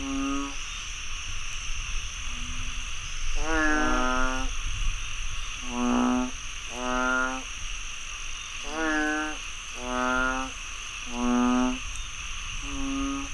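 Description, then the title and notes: Frogs croaking, rich buzzy notes repeated every second or two, some sweeping upward, over a steady high hum and low background rumble. Frogs croaking after heavy rainfall in Chiang Mai, Thailand. "Frogs croaking after heavy rainfall in Chiang Mai, Thailand. Alex Boyesen"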